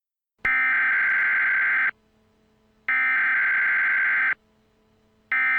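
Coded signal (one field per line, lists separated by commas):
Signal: Emergency Alert System (SAME) tones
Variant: header bursts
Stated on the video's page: Mock tornado warning EAS, made with the Olive and eSpeak apps.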